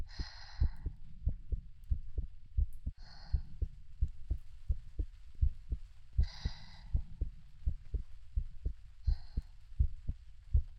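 Steady, low, muffled heartbeat thumps at about 83 beats a minute, with an even, unhurried rhythm, heard close up from an adult. Soft airy breath-like swells recur roughly every three seconds over a faint background hum.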